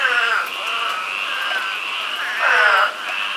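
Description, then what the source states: Frog chorus humming continuously, with two louder croaks, at the start and again about two and a half seconds in. Several frogs in a yard, recorded in 2015.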